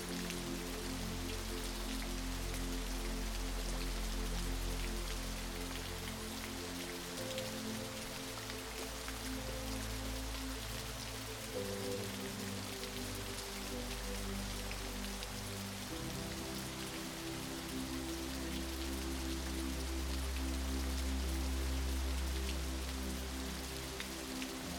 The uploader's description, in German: sanften Murmeln eines Wasserfalls begleitet von beruhigender Musik